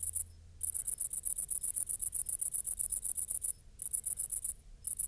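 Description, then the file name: Great green bush-cricket producing a high, sizzling pulsed trill, rhythmic rapid chirps broken by a few brief gaps. "Tettigonia viridissima"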